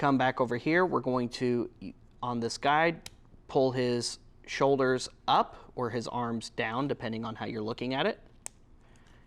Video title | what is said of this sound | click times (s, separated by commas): Transformers Legacy Skullgrin and Bomb-burst Review | you'll hear that click back into place fold those shoulders down | 8.5 s